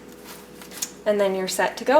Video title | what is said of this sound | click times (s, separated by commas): How to prime and load Moog Infinity pump | then you just push it down with your thumb until it pops into place | 0.8 s